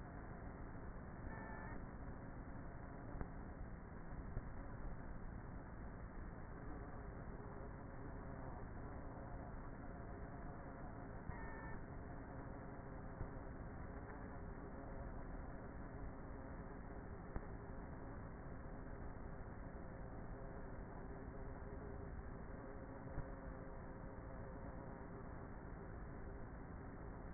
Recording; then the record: honeybee colony, microphone inside the hive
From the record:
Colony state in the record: queenless with a low population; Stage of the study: before two queens were removed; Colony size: about 30,000 bees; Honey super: no